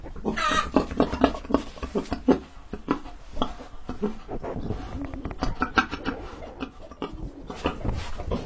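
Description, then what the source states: Domestic pigs grunting in short rough bursts. Pigs in a large, systematic family-built pig farm, recorded during a visit.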